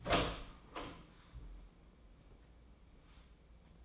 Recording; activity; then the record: daily activity, microphone in the room; open door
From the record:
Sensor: 1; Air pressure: 1012.4 hPa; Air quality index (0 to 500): 166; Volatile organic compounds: 3 ppm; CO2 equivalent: 1363 ppm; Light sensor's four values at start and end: 590/1365/609/728 and 588/1359/606/725